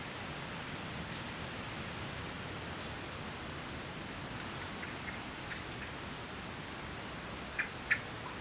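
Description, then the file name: European robin giving thin, high calls: one sharp note near the start, then a few fainter, scattered ones over steady background hiss. "Erithacus rubecula"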